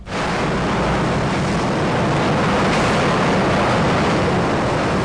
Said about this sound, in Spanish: No sé lo que es esto. Supuestamente, según la computadora, eso era un subte. Fuimos en subte. Ah, bien, en subte. Sí. Por abajo de la tierra. Por debajo de la tierra.